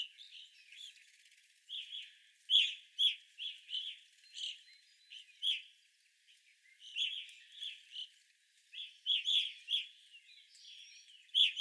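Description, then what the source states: Evening grosbeak calls, a flock giving loud clear chirps in quick clusters, overlapping and repeated throughout. Evening grosbeaks recorded on 25 April 2021.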